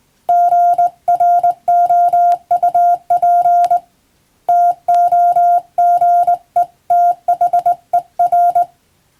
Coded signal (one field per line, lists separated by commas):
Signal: Morse code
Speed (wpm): 21 wpm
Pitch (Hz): 700 Hz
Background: none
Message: GROUP TOGETHER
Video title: プロの通信士！モールス符号を送信する無線通信士という職業があります。国家試験でモールスの実技試験を受けて免許を取得します。当時はアマチュア無線も大流行しましたね。morse code practice